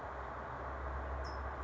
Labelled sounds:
California Towhee (Melozone crissalis)
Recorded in Sonoma County, California

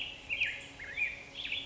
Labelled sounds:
Black-headed Grosbeak (Pheucticus melanocephalus)
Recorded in Sonoma County, California

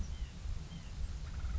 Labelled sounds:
White-breasted Nuthatch (Sitta carolinensis)
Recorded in Sonoma County, California

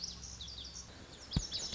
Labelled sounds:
Lazuli Bunting (Passerina amoena)
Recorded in Sonoma County, California

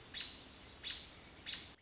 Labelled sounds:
American Robin (Turdus migratorius)
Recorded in Sonoma County, California

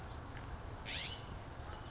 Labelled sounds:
California Scrub-Jay (Aphelocoma californica)
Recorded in Sonoma County, California

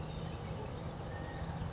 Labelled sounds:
Western Flycatcher (Empidonax difficilis)
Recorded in Sonoma County, California

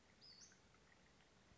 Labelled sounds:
Western Flycatcher (Empidonax difficilis)
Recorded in Sonoma County, California

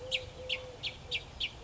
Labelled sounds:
Eurasian Collared Dove (Streptopelia decaocto)
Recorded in Sonoma County, California

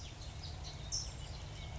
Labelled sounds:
California Towhee (Melozone crissalis)
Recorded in Sonoma County, California

